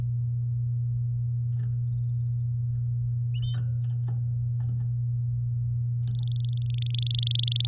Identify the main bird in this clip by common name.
Domestic Canary